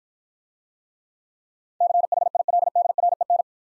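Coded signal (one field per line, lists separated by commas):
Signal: Morse code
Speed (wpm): 53 wpm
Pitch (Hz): 700 Hz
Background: none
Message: CHILDREN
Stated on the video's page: Speed-Racing Morse practice of the top 300 words, starting fast and slowing to a 35 wpm base; fastest speed is 1.5 times the slowest, final repeat at maximum.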